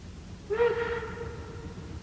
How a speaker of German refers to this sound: Ja, ein Zug. Mhm. Was soll's, Professor? Der fährt ja doch durch.